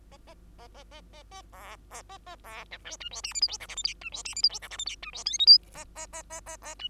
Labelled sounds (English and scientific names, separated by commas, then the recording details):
Bengalese Finch (Lonchura striata domestica) song
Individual Bird2